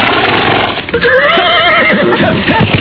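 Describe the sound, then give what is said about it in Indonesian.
A horse that is being ridden lets out a loud, shrill neigh that wavers up and down in pitch, rising over a dense, noisy background with a faint rumble of movement underneath. “Cepat pegang pinggangku. Kalau tidak mau jatuh dari kuda.”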